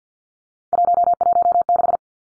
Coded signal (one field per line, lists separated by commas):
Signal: Morse code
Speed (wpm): 50 wpm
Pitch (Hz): 700 Hz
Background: none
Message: 116